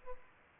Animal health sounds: mosquito wingbeat signal from an infrared sensor; Culex pipiens

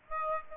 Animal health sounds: mosquito wingbeat signal from an infrared sensor; Aedes aegypti

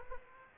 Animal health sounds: mosquito wingbeat signal from an infrared sensor; Aedes aegypti

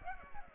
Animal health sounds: mosquito wingbeat signal from an infrared sensor; Aedes aegypti

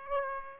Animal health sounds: mosquito wingbeat signal from an infrared sensor; Aedes aegypti

